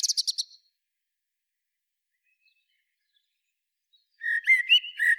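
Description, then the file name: Eurasian blackbird song: a short burst of high twittering, a few seconds of quiet, then a warbling phrase mixed with high squeaks. "Turdus merula"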